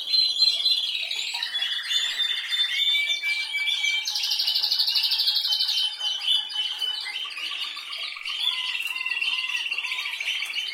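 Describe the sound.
Canary song: fast warbling opening, a low buzzy trill, then an intense high rattling burst followed by rolling trills and repeated chirps.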